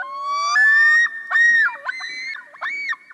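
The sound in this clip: Common Loon calling with a rising wail that breaks into several quick, warbling tremolo notes.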